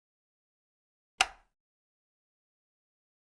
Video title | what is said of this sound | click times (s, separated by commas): PWA4Edited122615a | insert the connector on the hose into the cuff connector and rotate clockwise to secure the connection an audible click will be heard when the connectors are secure | 1.2 s